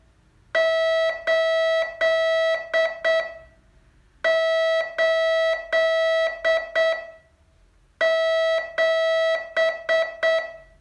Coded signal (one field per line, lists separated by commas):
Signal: Morse code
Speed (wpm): 8 wpm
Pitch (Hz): 650 Hz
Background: none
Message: 8 8 7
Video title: Learn Morse in 42 Days from VU2LAU - day 32